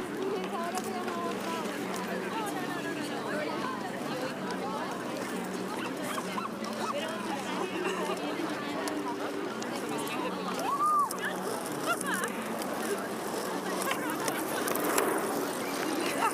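A crowd of hundreds of people going about their activities on the Tempelhofer Freiheit in Berlin, with many voices overlapping into a steady, dense murmur. Individual voices rise briefly above the rest, and a short high whistle-like tone sounds near the eleven-second mark.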